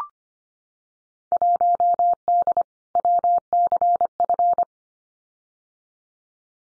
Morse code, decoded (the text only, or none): 1D WCF